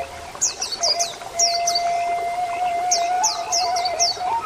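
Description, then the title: Oriental magpie-robin song: bursts of three to five sharp, high descending notes in three groups, over steady drawn-out tonal whistles. "Kicau Kacer"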